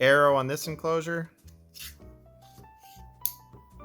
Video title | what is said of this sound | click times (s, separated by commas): How to Install an M.2 SSD in an External USB Enclosure with NO TOOLS (Tutorial) | And there we go. A nice satisfying click. | 3.2 s